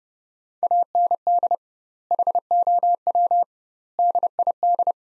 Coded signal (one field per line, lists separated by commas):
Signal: Morse code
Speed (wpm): 30 wpm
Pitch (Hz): 700 Hz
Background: none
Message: AND HOW DID